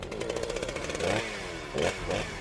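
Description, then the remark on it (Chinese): A small outboard motor on an assault boat is started with a pull cord and runs with a steady buzzing drone, then revs sharply in two or three rising bursts. No voices are heard. “严福瑞听到了引擎拉绳的启动声，居然反应过来秦放的用意了，手一松就匍匐在了船身里。”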